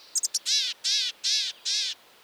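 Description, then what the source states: Gray-headed Chickadee calling: three quick high thin notes, then four drawn-out, harsh buzzy notes. Found in the extreme northwest corner of the continent, north of the Arctic Circle.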